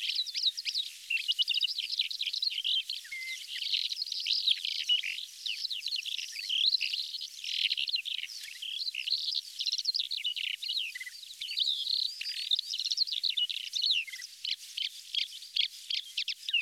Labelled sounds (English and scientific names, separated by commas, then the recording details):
Calandra Lark (Melanocorypha calandra) song
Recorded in the wild
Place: Kalmückensteppe, RU
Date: 2006-05-24
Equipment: MiniDisc Sharp MT 20 H
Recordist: Schwarz, Dieter
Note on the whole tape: Song